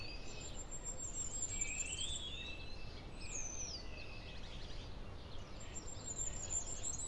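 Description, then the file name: Common firecrest giving high, thin, rapid note series, over lower whistles from other birds and a constant low noise. "zniczek"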